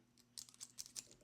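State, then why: Not seated. A hooked insert plate from a magazine extension for a Springfield Echelon 4.5 Comp is pushed against the basepad in different orientations, making a series of short, light plastic taps and scrapes. The insert does not snap in, and nothing has seated or clicked yet.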